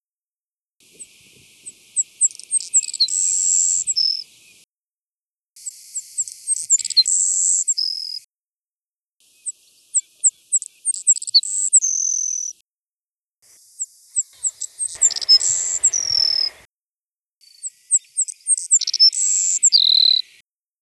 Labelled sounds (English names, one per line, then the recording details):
Savannah Sparrow song
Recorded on Kent Island, New Brunswick, in 1982